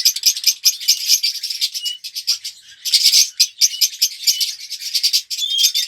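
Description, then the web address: Red-rumped parrot chattering song, harsh twitters and short rattles in uneven bursts, with a few thin whistled notes in between. "pevcii popugai. parrots psephotus-haematonotus"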